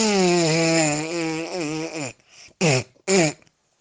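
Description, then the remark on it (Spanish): A voice imitates an army of zombies with bare bottoms farting: one long, wobbly raspberry that sags in pitch, then a pause and two short, loud, buzzing bursts. “Estábamos caminando cuando el perro de Tumbuktu olió algo extraño y eran un ejército de zombies con el culo al aire que se tiraban pedos.”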